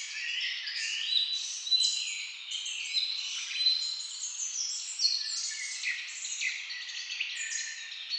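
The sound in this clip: Many birds chirping and trilling together in a continuous high twittering mass, with sharper notes standing out now and then.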